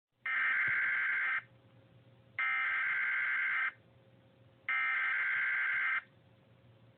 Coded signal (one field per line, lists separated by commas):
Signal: Emergency Alert System (SAME) tones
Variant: header bursts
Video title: EAS Scenario- Supervillain Catastrophe: Part 4! Unusual Invasion